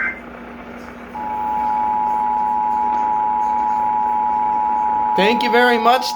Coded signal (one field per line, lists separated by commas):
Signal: Emergency Alert System (SAME) tones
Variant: 853 and 960 Hz attention tone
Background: speech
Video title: IF WE DIDN'T GO OUT TO DINNER I WOULD'VE GOT MORE - EAS Alerts from 07/09/2021 (EAS #184-187)